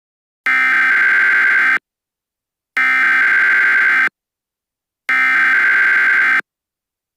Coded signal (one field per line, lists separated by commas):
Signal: Emergency Alert System (SAME) tones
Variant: header bursts